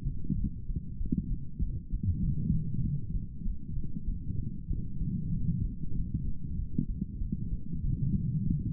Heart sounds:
heart sounds by stethoscope; 96 bpm
0.36 s: heartbeat
0.99 s: heartbeat
1.60 s: heartbeat
2.21 s: heartbeat
2.82 s: heartbeat
3.44 s: heartbeat
4.06 s: heartbeat
4.69 s: heartbeat
5.32 s: heartbeat
5.95 s: heartbeat
6.57 s: heartbeat
7.19 s: heartbeat
7.82 s: heartbeat
8.45 s: heartbeat
From the record:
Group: healthy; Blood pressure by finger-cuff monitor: 117/76 mmHg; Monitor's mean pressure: 93 mmHg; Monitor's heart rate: 96 bpm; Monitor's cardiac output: 5.8 L/min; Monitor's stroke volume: 61 mL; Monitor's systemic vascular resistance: 1170 dyn s/cm5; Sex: female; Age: 51 years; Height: 162 cm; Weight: 70.04 kg

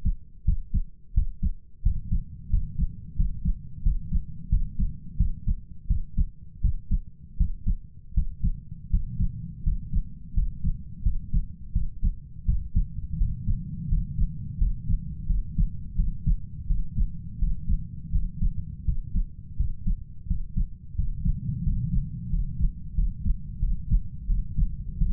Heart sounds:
heart sounds by stethoscope; 86 bpm
0.45 s: heartbeat
1.14 s: heartbeat
1.82 s: heartbeat
2.50 s: heartbeat
3.16 s: heartbeat
3.83 s: heartbeat
4.49 s: heartbeat
5.17 s: heartbeat
5.87 s: heartbeat
6.61 s: heartbeat
7.37 s: heartbeat
8.14 s: heartbeat
8.90 s: heartbeat
9.63 s: heartbeat
10.34 s: heartbeat
11.03 s: heartbeat
11.73 s: heartbeat
12.45 s: heartbeat
13.18 s: heartbeat
13.88 s: heartbeat
14.58 s: heartbeat
15.26 s: heartbeat
15.95 s: heartbeat
16.67 s: heartbeat
17.39 s: heartbeat
18.11 s: heartbeat
18.85 s: heartbeat
19.57 s: heartbeat
20.27 s: heartbeat
20.95 s: heartbeat
21.63 s: heartbeat
22.30 s: heartbeat
22.95 s: heartbeat
23.60 s: heartbeat
24.26 s: heartbeat
24.98 s: heartbeat
From the record:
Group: healthy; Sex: male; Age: 33 years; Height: 179 cm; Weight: 80.4 kg

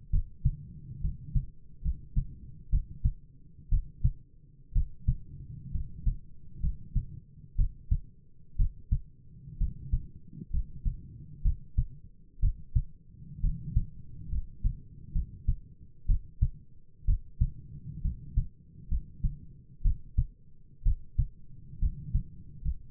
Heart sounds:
heart sounds by stethoscope; 64 bpm
0.10 s: heartbeat
1.00 s: heartbeat
1.81 s: heartbeat
2.69 s: heartbeat
3.68 s: heartbeat
4.72 s: heartbeat
5.71 s: heartbeat
6.60 s: heartbeat
7.55 s: heartbeat
8.56 s: heartbeat
9.57 s: heartbeat
10.50 s: heartbeat
11.41 s: heartbeat
12.39 s: heartbeat
13.40 s: heartbeat
14.28 s: heartbeat
15.12 s: heartbeat
16.05 s: heartbeat
17.04 s: heartbeat
18.01 s: heartbeat
18.88 s: heartbeat
19.81 s: heartbeat
20.82 s: heartbeat
21.78 s: heartbeat
22.61 s: heartbeat
From the record:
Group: healthy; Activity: rest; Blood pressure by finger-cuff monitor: 100/65 mmHg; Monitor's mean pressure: 76 mmHg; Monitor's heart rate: 63 bpm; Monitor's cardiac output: 6.9 L/min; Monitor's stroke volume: 108 mL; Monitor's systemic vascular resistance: 790 dyn s/cm5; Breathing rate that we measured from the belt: 14 breaths a minute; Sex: male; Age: 22 years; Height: 185 cm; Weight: 112.4 kg

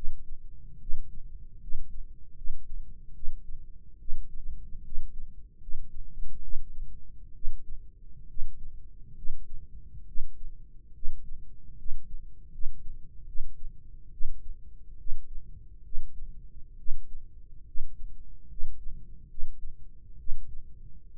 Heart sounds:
heart sounds by microphone in the right ear; 71 bpm
0.79 s: heartbeat
1.60 s: heartbeat
2.35 s: heartbeat
3.13 s: heartbeat
3.98 s: heartbeat
4.83 s: heartbeat
5.59 s: heartbeat
6.41 s: heartbeat
7.33 s: heartbeat
8.27 s: heartbeat
9.15 s: heartbeat
10.06 s: heartbeat
10.93 s: heartbeat
11.76 s: heartbeat
12.51 s: heartbeat
13.26 s: heartbeat
14.11 s: heartbeat
14.97 s: heartbeat
15.83 s: heartbeat
16.77 s: heartbeat
17.65 s: heartbeat
18.48 s: heartbeat
19.28 s: heartbeat
20.17 s: heartbeat
21.13 s: heartbeat
From the record:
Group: healthy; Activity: rest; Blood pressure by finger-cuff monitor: 161/91 mmHg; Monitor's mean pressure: 110 mmHg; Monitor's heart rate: 71 bpm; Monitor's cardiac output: 6.2 L/min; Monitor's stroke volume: 86 mL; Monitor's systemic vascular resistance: 1320 dyn s/cm5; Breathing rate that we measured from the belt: 18 breaths a minute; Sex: male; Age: 21 years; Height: 180 cm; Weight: 67.5 kg

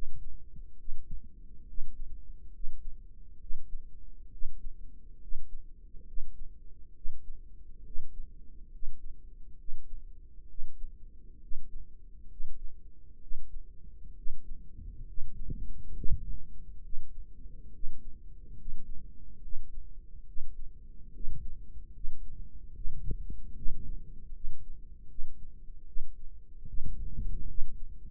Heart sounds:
heart sounds by microphone in the right ear; 70 bpm
0.78 s: heartbeat
1.68 s: heartbeat
2.53 s: heartbeat
3.40 s: heartbeat
4.32 s: heartbeat
5.21 s: heartbeat
6.07 s: heartbeat
6.95 s: heartbeat
7.85 s: heartbeat
8.72 s: heartbeat
9.58 s: heartbeat
10.49 s: heartbeat
11.41 s: heartbeat
12.30 s: heartbeat
13.21 s: heartbeat
14.16 s: heartbeat
15.07 s: heartbeat
15.95 s: heartbeat
16.83 s: heartbeat
17.73 s: heartbeat
18.58 s: heartbeat
19.42 s: heartbeat
20.27 s: heartbeat
21.14 s: heartbeat
21.95 s: heartbeat
22.75 s: heartbeat
23.57 s: heartbeat
24.35 s: heartbeat
25.10 s: heartbeat
25.87 s: heartbeat
26.68 s: heartbeat
27.49 s: heartbeat
From the record:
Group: healthy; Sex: male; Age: 30 years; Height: 188 cm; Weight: 110.2 kg

